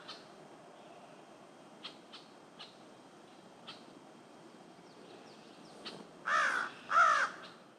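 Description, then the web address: Crow calling twice near the end with two loud, rasping caws, after a stretch of faint clicks and ticks over low background hiss. "anemoi. crow"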